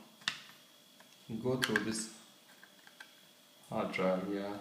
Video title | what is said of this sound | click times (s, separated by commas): How to disassemble seagate freeagent goflex 500gb | as you can hear the click sound | 0.3 s